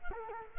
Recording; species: mosquito wingbeat signal from an infrared sensor; Culex quinquefasciatus